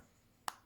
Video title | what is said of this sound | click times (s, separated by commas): how to replace jaguar xfs xf smart key fob battery change. no tools needed | clicks back in, | 0.5 s